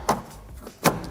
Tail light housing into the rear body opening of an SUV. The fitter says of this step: of clicks into place just like that